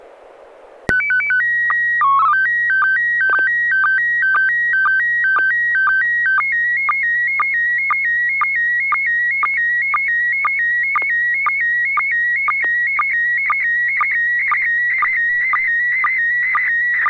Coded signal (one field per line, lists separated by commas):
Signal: SSTV (slow-scan television)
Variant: PD 120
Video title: N6NA SSTV Net - 02/15/2023